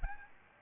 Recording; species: mosquito wingbeat signal from an infrared sensor; Aedes albopictus